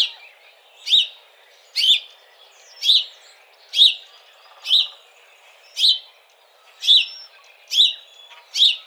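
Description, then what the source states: House sparrow giving loud, clipped chirps, one about every second, nine or so in an even run against a quiet background. Recorded 17 March 2007.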